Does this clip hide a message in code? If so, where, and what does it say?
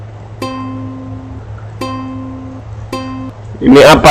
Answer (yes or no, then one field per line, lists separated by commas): no